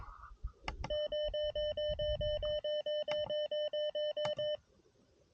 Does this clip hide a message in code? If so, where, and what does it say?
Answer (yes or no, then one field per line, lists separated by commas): no